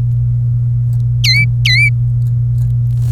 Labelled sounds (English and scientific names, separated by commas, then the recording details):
Domestic Canary (Serinus canaria) song
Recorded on 26 April 2018 at 15:11
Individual llb3